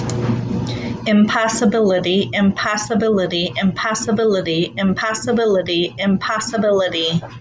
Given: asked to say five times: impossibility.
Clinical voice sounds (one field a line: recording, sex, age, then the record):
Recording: repeated word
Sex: female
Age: 40 to 49 years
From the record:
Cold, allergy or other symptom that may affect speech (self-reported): no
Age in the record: 48 years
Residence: Missouri, United States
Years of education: 12